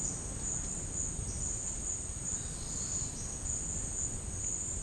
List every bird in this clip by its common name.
Boat-billed Flycatcher